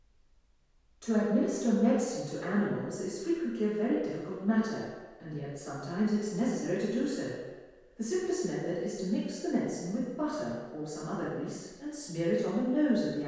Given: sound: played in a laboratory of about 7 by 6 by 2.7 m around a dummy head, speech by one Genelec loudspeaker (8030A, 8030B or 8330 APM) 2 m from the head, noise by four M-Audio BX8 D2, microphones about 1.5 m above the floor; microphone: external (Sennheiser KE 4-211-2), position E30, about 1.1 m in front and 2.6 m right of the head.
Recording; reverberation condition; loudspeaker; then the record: female speech in English; high; 30 degrees to the left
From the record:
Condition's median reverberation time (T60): about 1300 ms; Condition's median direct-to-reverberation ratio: about -4.0 dB